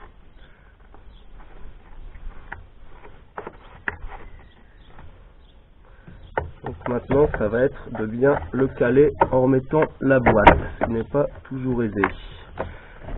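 Someone pushes the plastic air filter box back into its housing on the frame of a Kawasaki GPZ 500 motorcycle during general maintenance. Soft handling knocks are followed by a sharp click at 3.9 s as the box clip snaps in and seats, though refitting the box is not always easy. Someone talks over the rest of the clip.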